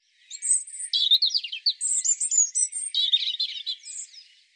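European robin song: a stream of high whistles and rippling, twittering notes, shifting pitch from phrase to phrase.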